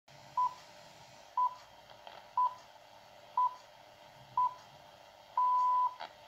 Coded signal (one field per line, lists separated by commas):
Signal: radio time signal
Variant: time pips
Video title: Retekess TR629 BBC Radio 4 The Shipping Forecast 24/01/2024 1200 GMT 603kHz